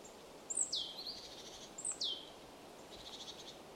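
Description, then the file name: Marsh tit calling two sharp downslurred notes about a second apart, each trailing into soft buzzy notes, against quiet background hiss. "Poecile palustris"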